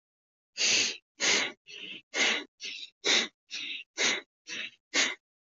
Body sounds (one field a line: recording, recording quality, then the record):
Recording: shallow breathing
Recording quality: excellent, no background noise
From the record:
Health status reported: healthy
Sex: male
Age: 49 years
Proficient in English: yes